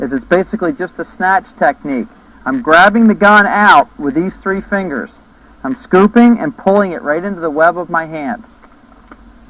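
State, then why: Released. Someone talks, then a pistol is snatched out of a competition holster with three fingers and scooped into the web of the hand. A faint, short click is heard at 9.1 s as the gun releases from the holster, and the draw is otherwise nearly silent, with no hard slap on the gun.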